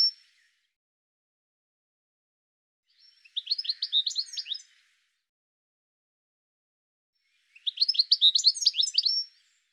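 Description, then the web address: Bird twittering in quick, high, jumbled notes: a short trailing fragment at the start, then two fuller bursts of chirps several seconds apart, quiet in between. "cianscape birddata Deverinetal 2025 File cleaned normalized Bird"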